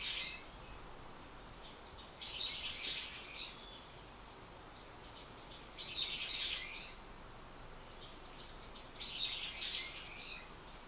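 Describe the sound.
Bird giving bright, chattering high phrases, three in all, a few seconds apart, against constant hiss.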